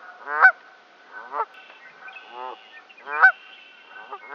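Canada goose honking: loud nasal honks at about half a second and again near three seconds, with softer honks between and a faint steady whistle behind.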